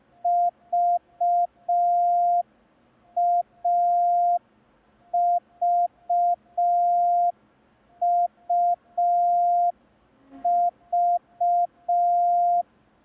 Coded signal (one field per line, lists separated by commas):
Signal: Morse code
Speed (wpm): 5 wpm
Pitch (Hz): 700 Hz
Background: none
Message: VAVUV